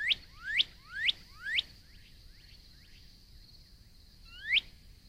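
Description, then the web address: Northern cardinal song of loud sharply rising whistles repeated about twice a second, a pause with soft notes, then one more rising whistle; steady high hum behind. "birds Northern Cardinal"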